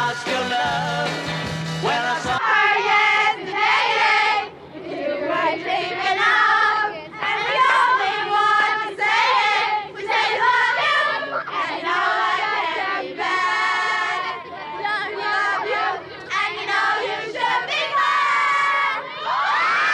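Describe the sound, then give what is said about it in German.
A huge crowd of American teenage fans, about 80% of them girls, screams continuously at high pitch during a visiting English band's first US visit in February 1964, shrill overlapping shrieks rising and falling in waves, loud and sustained throughout. “der jugendlichen Fans, die zu 80% aus kreischenden Mädchen bestanden”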